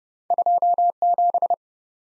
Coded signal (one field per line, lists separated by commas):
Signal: Morse code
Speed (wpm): 40 wpm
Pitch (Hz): 700 Hz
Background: none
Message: 2 7